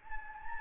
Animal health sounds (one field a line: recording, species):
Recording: mosquito wingbeat signal from an infrared sensor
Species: Anopheles gambiae